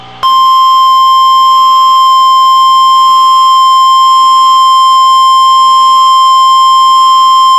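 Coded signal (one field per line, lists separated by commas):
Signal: Emergency Alert System (SAME) tones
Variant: 1050 Hz attention tone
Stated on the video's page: Real Tornado Warning alert received on NOAA Weather Radio.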